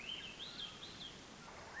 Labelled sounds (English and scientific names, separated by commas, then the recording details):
Swainson's Thrush (Catharus ustulatus)
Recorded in Sonoma County, California